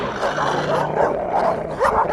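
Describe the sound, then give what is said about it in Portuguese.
Several dogs, just let loose, bark and yip at once in a steady, overlapping clamor, sharp high yelps mixed with deeper barks, loud and continuous for a couple of seconds. “Agora solte os cães de verdade.”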